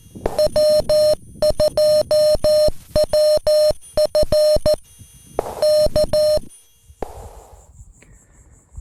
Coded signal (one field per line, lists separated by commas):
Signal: Morse code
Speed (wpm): 14 wpm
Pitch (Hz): 610 Hz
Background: none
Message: W2WF K